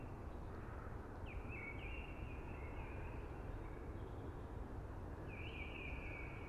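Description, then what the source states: Eurasian blackbird song with two warbled phrases a few seconds apart, partly masked by constant low rushing noise. Sings early amongst hushing conifers.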